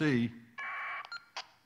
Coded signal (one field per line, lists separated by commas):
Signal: packet radio (AX.25, as in APRS)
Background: speech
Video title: PSAT2 DTMF Experiment APRStt Touchtone Digital Communications